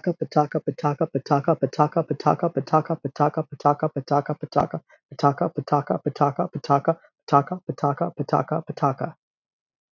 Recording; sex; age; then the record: repeated syllables /pa ta ka/; male; 30 to 39 years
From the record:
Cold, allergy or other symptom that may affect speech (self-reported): no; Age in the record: 34 years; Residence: Nebraska, United States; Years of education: 20